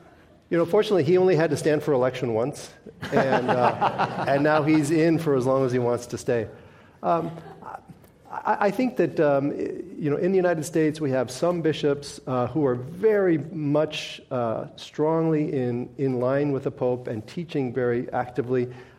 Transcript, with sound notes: You know, fortunately, he only had to stand for election once.
[Laughs]
And now he’s in for as long as he wants to stay. I think that, you know, in the United States we have some bishops who are very much strongly in line with the Pope and teaching very actively.